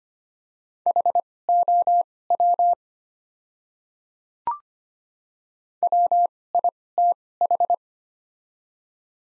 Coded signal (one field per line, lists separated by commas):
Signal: Morse code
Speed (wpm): 25 wpm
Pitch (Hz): 700 Hz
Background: none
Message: HOW WITH